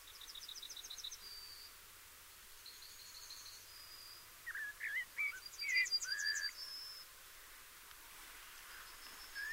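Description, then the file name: Eurasian blackbird song, low fluty warbled phrases in the middle, with high thin trills and twitters before and after. "Turdus merula"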